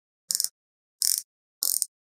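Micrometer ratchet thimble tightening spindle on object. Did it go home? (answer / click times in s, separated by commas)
yes / 0.3 s, 0.4 s, 1.1 s, 1.8 s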